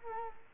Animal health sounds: mosquito wingbeat signal from an infrared sensor; Culex quinquefasciatus

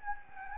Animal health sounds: mosquito wingbeat signal from an infrared sensor; Anopheles gambiae

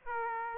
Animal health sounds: mosquito wingbeat signal from an infrared sensor; Aedes aegypti

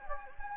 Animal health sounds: mosquito wingbeat signal from an infrared sensor; Anopheles gambiae

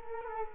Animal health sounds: mosquito wingbeat signal from an infrared sensor; Culex quinquefasciatus

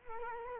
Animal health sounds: mosquito wingbeat signal from an infrared sensor; Culex quinquefasciatus

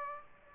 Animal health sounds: mosquito wingbeat signal from an infrared sensor; Aedes aegypti

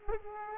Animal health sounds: mosquito wingbeat signal from an infrared sensor; Aedes aegypti

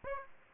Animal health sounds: mosquito wingbeat signal from an infrared sensor; Aedes aegypti

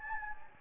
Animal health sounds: mosquito wingbeat signal from an infrared sensor; Anopheles gambiae

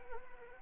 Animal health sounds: mosquito wingbeat signal from an infrared sensor; Anopheles arabiensis

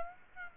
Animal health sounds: mosquito wingbeat signal from an infrared sensor; Aedes aegypti

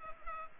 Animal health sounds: mosquito wingbeat signal from an infrared sensor; Culex pipiens

